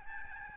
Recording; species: mosquito wingbeat signal from an infrared sensor; Aedes albopictus